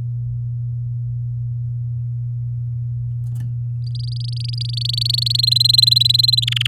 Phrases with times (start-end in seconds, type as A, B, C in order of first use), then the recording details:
3.87-5.37 A, 5.38-6.45 B, 6.47-6.67 C. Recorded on 8 May 2018 at 12:46. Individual llb16